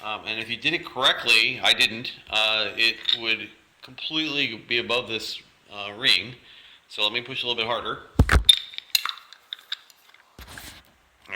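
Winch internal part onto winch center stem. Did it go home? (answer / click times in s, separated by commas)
yes / 8.5 s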